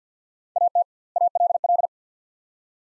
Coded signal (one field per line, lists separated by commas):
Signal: Morse code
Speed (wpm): 50 wpm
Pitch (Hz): 700 Hz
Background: none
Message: AT ALL